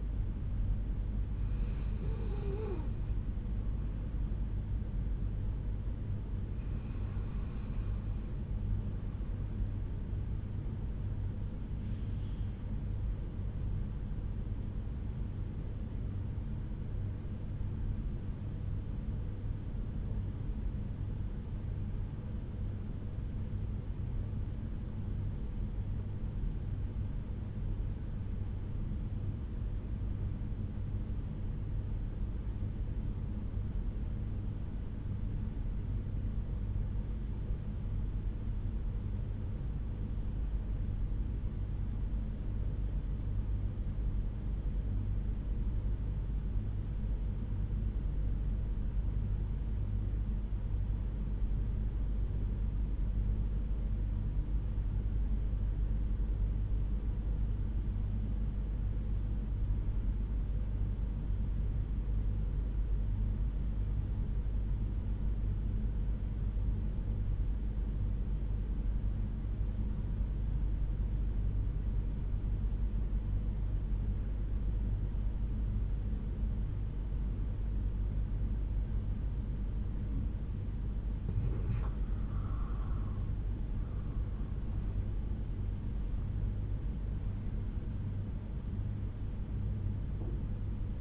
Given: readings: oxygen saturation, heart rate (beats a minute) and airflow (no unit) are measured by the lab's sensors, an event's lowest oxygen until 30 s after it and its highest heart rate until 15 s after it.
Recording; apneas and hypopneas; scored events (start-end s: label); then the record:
breathing in sleep by a smartphone at the bedside; 1
5.00-91.01 s: new sleep stage, REM sleep
17.00-81.50 s: obstructive apnea (REM, oxygen 96% highest, then 69% lowest, heart rate 63 at the start, 90 highest)
From the record:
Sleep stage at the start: N2 (light sleep); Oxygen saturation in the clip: 74 to 96%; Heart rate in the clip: 60 to 90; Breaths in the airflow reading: 5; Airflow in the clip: -9.5 to 12.0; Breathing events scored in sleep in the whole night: 368 in 8.0 hours asleep